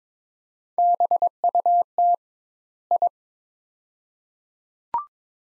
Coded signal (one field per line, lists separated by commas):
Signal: Morse code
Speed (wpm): 22 wpm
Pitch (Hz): 700 Hz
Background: none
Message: BUT I